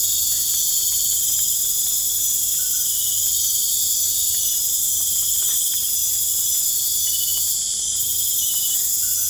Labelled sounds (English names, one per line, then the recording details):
none
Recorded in pastures near Puerto Asís, Putumayo, Colombia, on 22 December 2024 at 19:30
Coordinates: 0.496, -76.326
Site G004